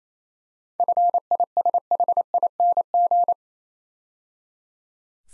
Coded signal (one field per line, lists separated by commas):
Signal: Morse code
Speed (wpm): 28 wpm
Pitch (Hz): 700 Hz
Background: none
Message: FISHING